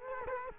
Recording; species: mosquito wingbeat signal from an infrared sensor; Culex quinquefasciatus